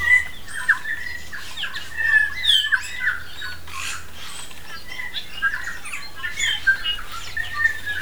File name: New Zealand Bellbirds (Anthornis melanura) singing on Tiritiri Matangi Island